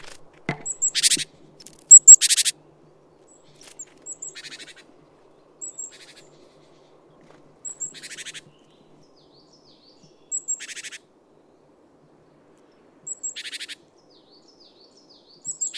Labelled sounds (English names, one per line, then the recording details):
Great Tit
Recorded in the wild
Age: adult
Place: Schönow, Naturpark Barnim, Brandenburg, DE
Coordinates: 52.6906, 13.5392
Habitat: pine forest
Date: 2005-03-28
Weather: fair, ca. 0°C, moderate winds
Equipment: Tascam DA-P1, Telinga Pro 5
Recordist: Frommolt, Karl-Heinz